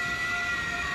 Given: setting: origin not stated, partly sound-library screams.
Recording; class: one-second piece from a danger detection set; woman in danger